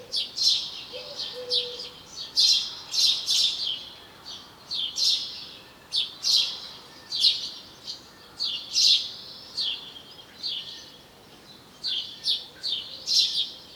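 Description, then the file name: House sparrow chirping, a steady run of sharp, bright chirps in bursts throughout; a faint low tone sounds briefly near the start. "Passer domesticus"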